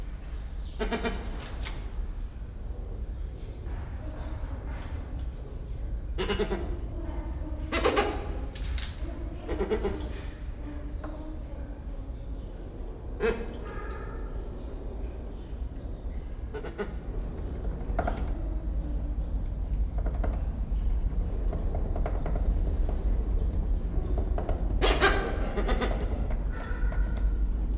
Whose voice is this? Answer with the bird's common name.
Silvery-cheeked Hornbill